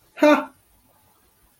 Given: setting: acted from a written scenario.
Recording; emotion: vocal sound without words; fear